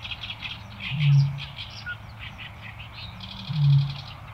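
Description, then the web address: Eurasian bittern boom: two deep, foghorn-like low notes a couple of seconds apart, with reedy bird chatter higher up. "botaurus stellaris"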